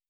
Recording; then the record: hydrophone in a shrimp aquaculture tank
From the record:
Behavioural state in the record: starved